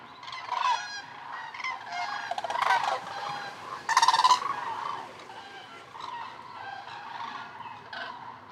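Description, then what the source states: Common crane flock calling: dense overlapping bugling and trumpeting from many birds, swelling in loud bursts, almost continuous throughout. November, Lac du Der, eastern France; cranes on migration stopover at Seine, Aube and Marne reservoirs, over 200,000 counted; most fly on over France and Spain, returning late February; Nagra Seven, MKH8020 stereo.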